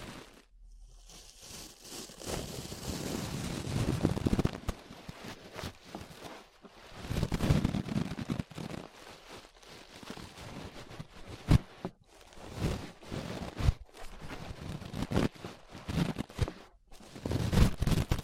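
Brushing against the ear, a soft, dense rustle with deep low rumbles, surging and fading in uneven waves and broken by brief silent gaps.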